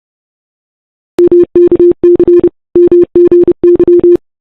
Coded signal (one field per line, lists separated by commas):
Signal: Morse code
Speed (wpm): 30 wpm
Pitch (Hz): 350 Hz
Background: none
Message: MKC MGY